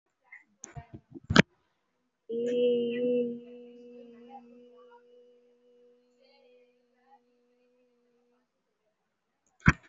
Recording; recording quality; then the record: sustained vowel as in made; excellent, no background noise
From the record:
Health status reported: healthy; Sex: female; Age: 26 years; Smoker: no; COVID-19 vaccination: both doses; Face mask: worn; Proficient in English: yes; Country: India